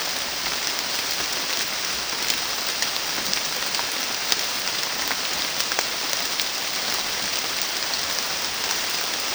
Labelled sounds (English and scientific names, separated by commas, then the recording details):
none
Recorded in secondary vegetation near Puerto Asís, Putumayo, Colombia, on 30 June 2025 at 16:30
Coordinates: 0.485, -76.322
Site GP06